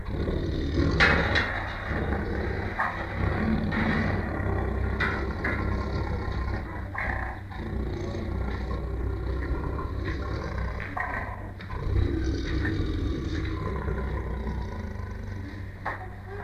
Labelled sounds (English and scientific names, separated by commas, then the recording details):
Tiger (Panthera tigris)
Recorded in captivity
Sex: male
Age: adult
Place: Tierpark Berlin, Berlin, DE
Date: 1959-07-28
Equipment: Smaragd
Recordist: TSA